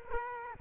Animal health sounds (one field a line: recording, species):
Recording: mosquito wingbeat signal from an infrared sensor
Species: Culex quinquefasciatus